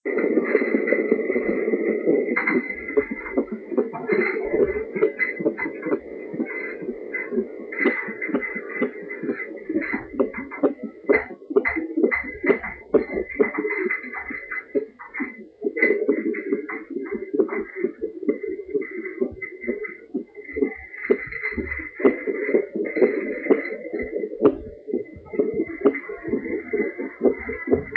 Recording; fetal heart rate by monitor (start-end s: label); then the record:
fetal heart sounds by stethoscope on the mother's abdomen
0.00-10.00 s: 136 bpm
10.00-20.00 s: 135 bpm
20.00-27.97 s: 134 bpm
From the record:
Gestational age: 36 weeks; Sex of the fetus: boy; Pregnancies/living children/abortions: 2/1/0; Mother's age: 34 years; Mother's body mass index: 25.2